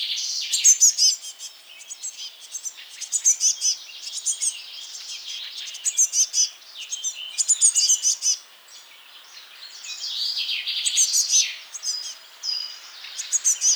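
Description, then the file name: Eurasian blue tit calls: sharp, high chips in quick clusters between softer buzzy churring stretches, with bright ticking bursts scattered through. "Cyanistes caeruleus"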